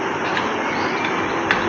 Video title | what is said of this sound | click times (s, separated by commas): Budget Cryptocurrency Mining Rig Build in 2021 ( Complete step by step procedure in Hindi) | टक से आवाज़ आएगी तो मान लेना आपने ये पिन बिल्कुल सही तरीके से फिट हो गई है। | 1.5 s